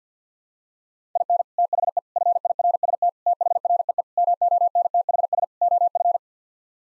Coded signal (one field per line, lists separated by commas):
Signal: Morse code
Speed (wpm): 50 wpm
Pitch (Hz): 700 Hz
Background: none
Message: IN THE FIRST THREE MONTHS OF